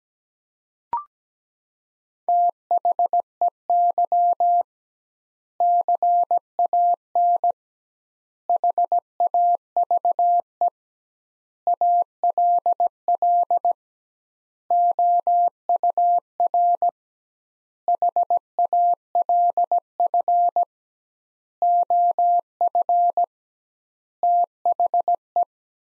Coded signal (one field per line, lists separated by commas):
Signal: Morse code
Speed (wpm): 17 wpm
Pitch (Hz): 700 Hz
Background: none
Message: THEY CAN HAVE ALL OUR HALF OF THE